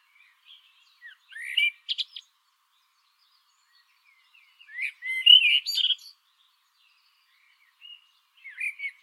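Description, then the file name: Common blackbird producing warbling phrases with mellow whistles and brief high twitters, spaced several seconds apart. "Turdus merula"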